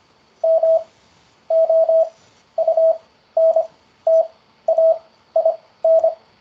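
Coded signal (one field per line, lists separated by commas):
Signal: Morse code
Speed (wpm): 25 wpm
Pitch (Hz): 650 Hz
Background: none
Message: MOUNTAIN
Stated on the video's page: Morse word practice for beginners on the ZS-CW Beginner's Corner.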